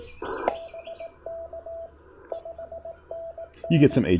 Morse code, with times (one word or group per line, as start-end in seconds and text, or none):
0.5-1.9 BK
2.3-4.0 5NN